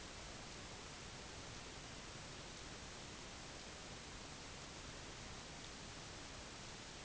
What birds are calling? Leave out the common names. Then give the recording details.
none. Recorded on Arctic tundra, site UTQI-5, on 21 June 2018. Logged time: 08:00